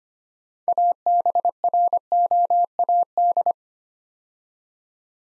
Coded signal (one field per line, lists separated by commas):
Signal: Morse code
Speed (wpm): 25 wpm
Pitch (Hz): 700 Hz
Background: none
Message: ABROAD